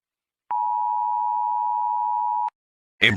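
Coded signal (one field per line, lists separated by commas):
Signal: Emergency Alert System (SAME) tones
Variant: 853 and 960 Hz attention tone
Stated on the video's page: Fictional EAS scenario depicting a Soviet attack.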